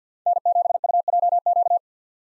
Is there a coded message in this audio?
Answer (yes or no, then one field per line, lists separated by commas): yes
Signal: Morse code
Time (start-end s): 0.3-1.8 s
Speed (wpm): 50 wpm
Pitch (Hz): 700 Hz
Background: none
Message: N7UJQ